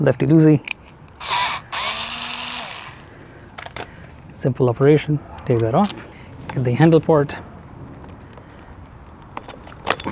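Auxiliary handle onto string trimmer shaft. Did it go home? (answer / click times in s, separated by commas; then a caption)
yes / 9.9 s. A plastic auxiliary handle is pushed onto the shaft of a Black and Decker string trimmer. Someone talks, and a hiss and a few small taps follow. The handle snaps into place with a sharp plastic click at 9.9 s and is seated.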